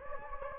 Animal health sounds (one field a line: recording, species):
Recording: mosquito wingbeat signal from an infrared sensor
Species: Anopheles gambiae